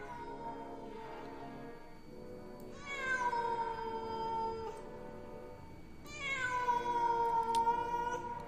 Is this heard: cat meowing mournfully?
yes